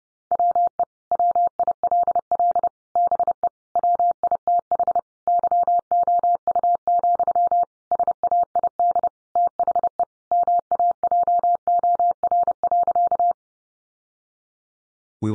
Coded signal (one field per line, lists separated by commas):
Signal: Morse code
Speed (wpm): 30 wpm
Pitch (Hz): 700 Hz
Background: none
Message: WE WILL BE WITH YOU, SAID THE MAJOR.